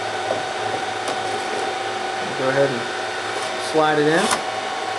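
A new hot-swap power supply module is being handled at the bay of a running DL380 G3 server chassis, ready to be slid in. Over a steady background hum, someone talks. The clip ends before the part goes in, and nothing has seated or clicked yet.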